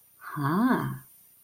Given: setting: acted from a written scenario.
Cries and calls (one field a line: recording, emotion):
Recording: vocal sound without words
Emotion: romantic love